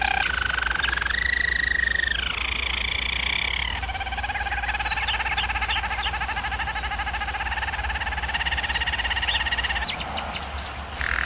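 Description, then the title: German Roller canary song, continuous rolling tours that switch pitch and texture every few seconds, over a steady low hum. German Roller canary singing, for canary song training. "German Roller Canary Singing - Canary Training Vid"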